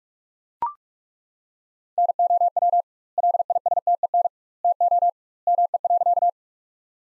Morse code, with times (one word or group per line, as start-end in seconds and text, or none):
2.0-2.8 NOW
3.2-4.3 LISTEN
4.6-5.1 TO
5.5-6.3 ME.